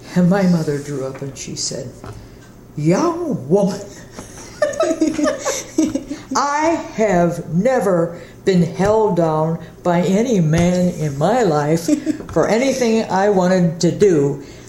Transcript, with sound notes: And my mother drew up and she said, "Young woman!" [Laughter] "I have never been held down by any man in my life for anything I wanted to do.